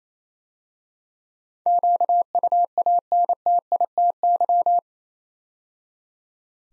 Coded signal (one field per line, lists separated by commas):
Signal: Morse code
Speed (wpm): 27 wpm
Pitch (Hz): 700 Hz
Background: none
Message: QUANTITY